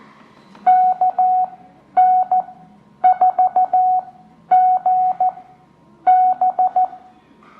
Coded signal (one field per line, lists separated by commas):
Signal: Morse code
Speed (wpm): 14 wpm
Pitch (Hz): 740 Hz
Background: none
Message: KN4GB